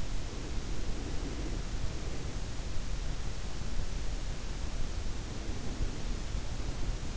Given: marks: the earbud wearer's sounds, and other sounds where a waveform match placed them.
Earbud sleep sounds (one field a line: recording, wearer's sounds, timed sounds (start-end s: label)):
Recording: sounds in sleep by an in-ear microphone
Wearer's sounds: breath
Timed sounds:
0.23-2.41 s: breath
5.26-7.17 s: breath